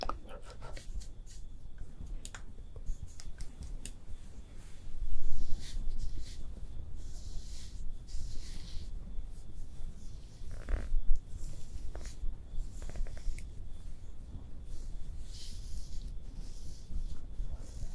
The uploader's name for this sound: ASMR Makeup Artist Does Your MAKEUP (Layered + No Talking)